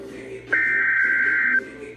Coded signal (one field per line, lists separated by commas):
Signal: Emergency Alert System (SAME) tones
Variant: header bursts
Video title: EAS #85 Tornado Warning